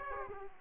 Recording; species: mosquito wingbeat signal from an infrared sensor; Aedes aegypti